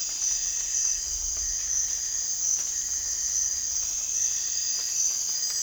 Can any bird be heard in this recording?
no